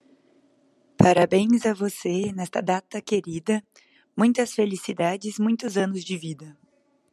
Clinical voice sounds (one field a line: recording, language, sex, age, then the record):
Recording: short text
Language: Brazilian Portuguese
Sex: female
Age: 20 to 29 years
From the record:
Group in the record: control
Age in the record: 24 years